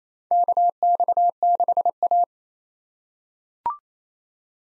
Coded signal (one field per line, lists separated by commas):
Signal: Morse code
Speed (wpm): 27 wpm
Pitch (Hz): 700 Hz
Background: none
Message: KX6A